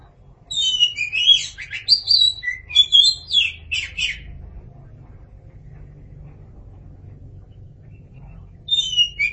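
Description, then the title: Oriental magpie-robin song: a burst of varied, sweet whistled and scratchy phrases for about four seconds, then a pause before a short new phrase starts; faint low hum underneath. "Suara Kicauan Burung Kacer Durasi Panjang"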